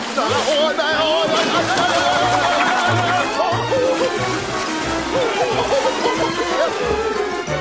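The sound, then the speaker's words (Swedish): Water splashes and sloshes as Pippi throws Jim and Buck into the water, continuing for several seconds beneath a busy layer of overlapping voices and excited shouting. “Pippi kastade ner Jim och Buck i vattnet.”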